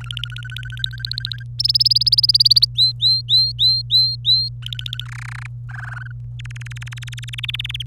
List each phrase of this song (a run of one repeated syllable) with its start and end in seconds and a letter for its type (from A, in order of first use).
0.01-1.43 A, 1.59-2.65 B, 2.75-4.49 C, 4.62-5.04 A, 5.06-5.47 D, 5.69-6.12 E, 6.39-7.83 F